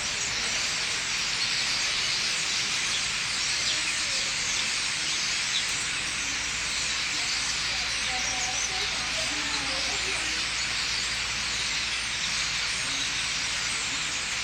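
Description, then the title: Common starlings in a massed roost chorus, countless overlapping chattering calls merging into a steady hissing wall of sound. Thousands of starlings gathering in trees at night at a roost on Rue des Prisons, Limoges, France; Sony PCM-M10 internal microphones. "4 Rue des Prisons, Limoges, France - Starlings - étourneaux"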